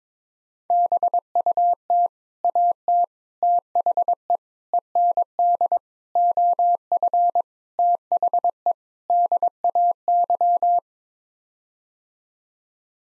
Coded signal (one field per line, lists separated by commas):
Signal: Morse code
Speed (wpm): 22 wpm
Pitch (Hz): 700 Hz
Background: none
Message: BUT AT THE END OF THE DAY